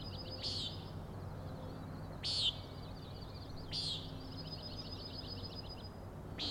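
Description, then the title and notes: Common nighthawk calls: four harsh nasal peents at uneven intervals, with a faint high pulsed trill between them. Three nighthawks (later one) peenting while flying in very close formation; Overlook, Schoodic Head, Acadia National Park, Winter Harbor, Maine; 16 June 2017, 4am. "Common Nighthawks, Schoodic Head 061617 4am. 3 common nighthawks making peenting calls and wings booms but also a rattling noise at the Overlook (410 ft) on Schoodic Head (435 feet) Schoodic division Acadia National Park Winter Harbor, ME"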